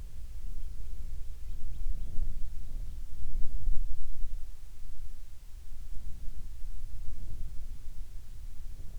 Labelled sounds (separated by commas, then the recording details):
bird, wind
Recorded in the Prudhoe Bay oil fields, Alaska, on 10 July 2019 at 14:05
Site 14